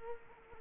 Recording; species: mosquito wingbeat signal from an infrared sensor; Culex quinquefasciatus